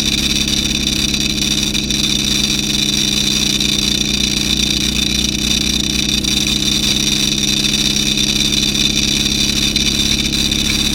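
Synth tones and feedback hum through speakers with film tins resting on top, giving a steady, engine-like drone. Low rumbling bands sit under a bright, buzzing rattle high up, unchanging in loudness for the whole stretch, with faint flickers of grit throughout.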